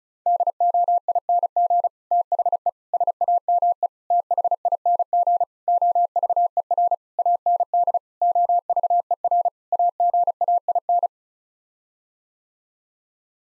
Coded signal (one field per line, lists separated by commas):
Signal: Morse code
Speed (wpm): 34 wpm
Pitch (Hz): 700 Hz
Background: none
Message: DOING THE SAME THING OVER AND OVER AGAIN